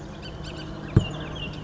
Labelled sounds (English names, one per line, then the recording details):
Bullock's Oriole
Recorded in Sonoma County, California